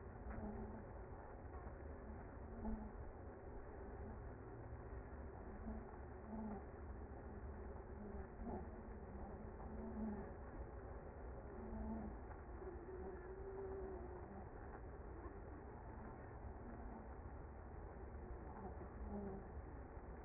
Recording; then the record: honeybee colony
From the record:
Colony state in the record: active